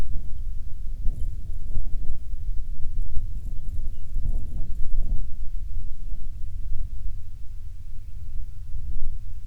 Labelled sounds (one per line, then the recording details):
songbird
wind
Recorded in the Prudhoe Bay oil fields, Alaska, on 21 June 2019 at 10:05
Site 22